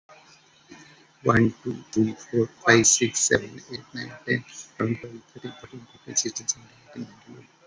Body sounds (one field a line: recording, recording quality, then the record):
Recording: counting at a fast pace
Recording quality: excellent, no background noise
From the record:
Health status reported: COVID-19 positive, moderate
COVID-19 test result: positive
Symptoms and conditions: cough, breathing difficulty, sore throat, fever, fatigue, muscle pain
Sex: male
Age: 43 years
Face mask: not worn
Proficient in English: yes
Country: India